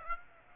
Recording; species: mosquito wingbeat signal from an infrared sensor; Aedes aegypti